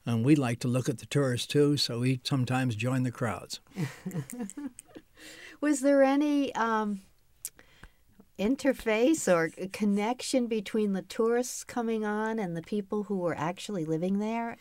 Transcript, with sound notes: And we liked to look at the tourists too so we'd sometimes join the crowds.
[laughs] Was there any interface or connection between the tourists coming on and the people who were actually living there?